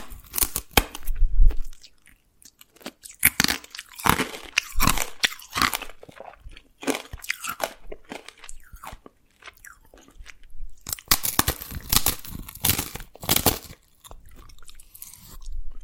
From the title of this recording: Dalgona Candy Challenge Tapping, Cracking Triggers